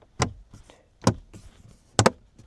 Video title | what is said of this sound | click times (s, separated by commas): How to Change Fusion Cabin Filter - 2013-2020 - Quick Tutorial | All right, y'all hear that clicking? | 2.0 s, 2.1 s